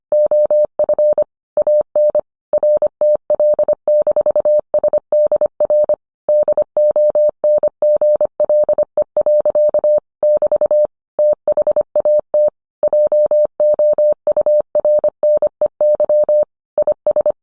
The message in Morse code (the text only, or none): OF AN RTL-SDR DONGLE. <BT> THAT JOURNEY IS